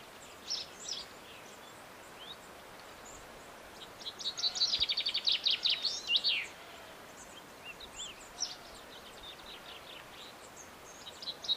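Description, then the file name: Common chaffinch song: one bright run of repeated notes that falls in pitch. Scattered high chirps and twitters from other birds fill the background. "Fringilla coelebs"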